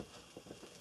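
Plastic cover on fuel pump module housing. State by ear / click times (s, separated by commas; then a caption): not seated / none. A plastic cover is pressed onto the fuel pump module housing over the second gasket, heard as a few soft clattering, tapping handling sounds over a steady background hum. Nothing has seated or clicked yet; the cover is not yet home.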